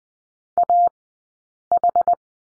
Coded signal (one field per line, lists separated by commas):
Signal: Morse code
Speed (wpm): 20 wpm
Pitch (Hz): 700 Hz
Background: none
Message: AH